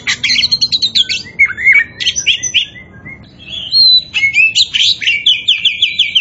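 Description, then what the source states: Oriental magpie-robin song: dense, high whistled phrases, upslurred and downslurred notes, a short pause, then a rapid repeated trill. Kacer poci type, singing vigorously (gacor).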